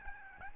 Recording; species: mosquito wingbeat signal from an infrared sensor; Aedes albopictus